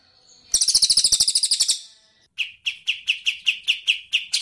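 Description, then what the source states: Birdsong: a rapid shrill rattle, a short silence, then evenly spaced sharp chip notes. Tutor song used for training songbirds (masteran).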